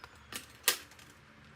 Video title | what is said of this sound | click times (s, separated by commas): 7/1 Let’s Create - Talk about the swap and creating a 12 x 12 Sampler | It goes in here. It locks into place. | 0.7 s